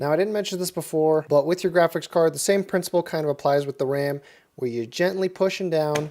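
A graphics card is being handled and gently pushed down toward the motherboard PCIe slot while someone talks. No snap or click is heard, and nothing has seated yet.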